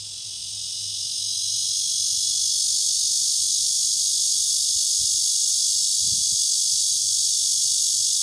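Cicada buzz rising quickly to full volume and holding as a dense, even, high hiss, a few faint low knocks in the background.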